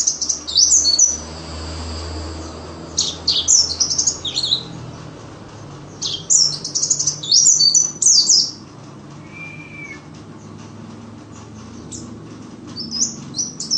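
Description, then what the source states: White-eye chirps: scattered short bursts of high twittering with pauses between, and a brief whistled note in the latter half. Wild ('ngalas') white-eye song used as filler material for training songbirds (masteran).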